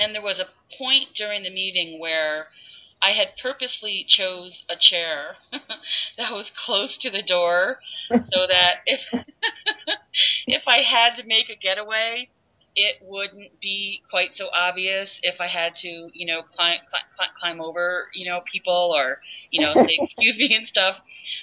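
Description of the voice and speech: An adult woman who stutters, formerly a covert stutterer, speaks at a conversational pace and mostly fluently, with a few drawn-out word endings and pauses. Near the end she repeats the start of "climb" several times (cl-cl-climb), a brief part-word stutter.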